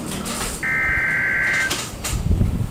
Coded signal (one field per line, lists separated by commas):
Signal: Emergency Alert System (SAME) tones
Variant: header bursts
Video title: 4 Emergency Alert System captures from 4/30/2022 (TOR x1, SVR x1, SMW x2) KZZ81 Lockport